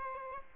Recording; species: mosquito wingbeat signal from an infrared sensor; Aedes albopictus